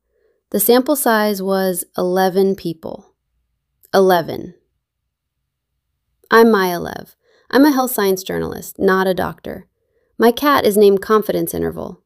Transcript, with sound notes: The sample size was eleven people. Eleven. [pause] I'm Maya Lev. I'm a health-science journalist, not a doctor. My cat is named Confidence Interval.